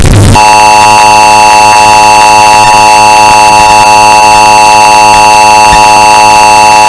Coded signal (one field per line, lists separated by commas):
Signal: Emergency Alert System (SAME) tones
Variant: 853 and 960 Hz attention tone